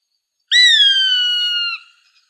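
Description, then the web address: Gray hawk giving one long, plaintive whistled call, about a second long, sliding slightly downward and ending with a brief drop, rich in overtones, against silence. Arizona, United States, recorded 7 August 2006. "Birds of Prey AZFO GRHA deviche 070806"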